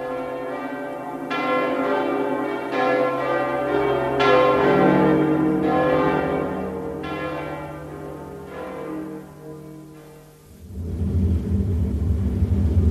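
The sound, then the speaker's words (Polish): Church bells in Europe ring out in a loud, overlapping peal, each strike blooming into a rich, humming tone that lingers, before the ringing fades into a low, steady rumble. “Dzwony w Europie.”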